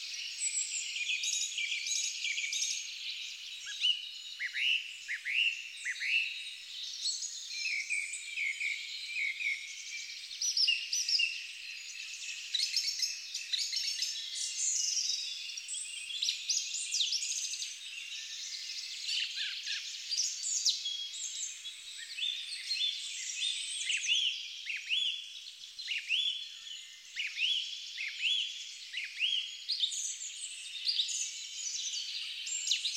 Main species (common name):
Song Thrush